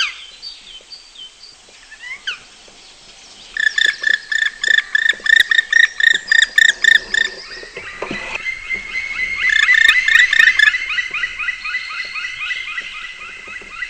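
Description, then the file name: Black woodpecker giving a fast series of evenly spaced, ringing notes, several per second, followed by a busier, more overlapping stretch of similar calls. "pic Noir"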